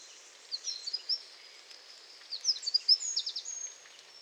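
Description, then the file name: Eurasian wren uttering two short bursts of sharp, high, rapid chipping notes about one second apart against faint background hiss. "Troglodytes troglodytes"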